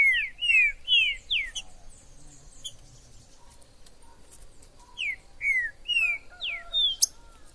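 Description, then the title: Green-winged saltator song: two phrases of about five loud, slurred whistles, separated by a quiet gap with faint softer notes. Trinca-ferro recorded in the forest (mato), described as a 'major' singer, calling, singing and acting male in a contest; used to stir up a pet bird. "Esse É PERFEITO Para ESQUENTAR Seu TRINCA Piando, Cantando E Macheando Na DISPUTA. Esse VÍDEO de TRINCA FERRO no MATO vai DEIXAR seu TRINCA LOUCO!! Trinca ferro MAJOR no MATO!!"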